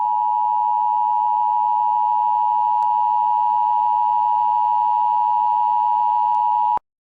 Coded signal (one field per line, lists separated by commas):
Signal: Emergency Alert System (SAME) tones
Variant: 853 and 960 Hz attention tone